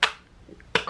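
With the batteries in, the plastic battery cover of a portable water flosser is closed onto the flosser body. A sharp tap sounds at 0.0 s, and the cover snaps shut with a bright click at 0.8 s, followed by a softer tick. The cover is closed completely and secured.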